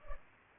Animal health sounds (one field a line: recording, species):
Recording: mosquito wingbeat signal from an infrared sensor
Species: Culex pipiens